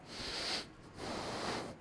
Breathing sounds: one breath in and out by a microphone near the nose and mouth; deep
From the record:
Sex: male

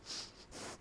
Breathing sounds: one breath in and out by a microphone near the nose and mouth; strong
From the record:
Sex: male

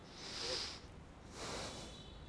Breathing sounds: one breath in and out by a microphone near the nose and mouth; deep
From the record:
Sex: male

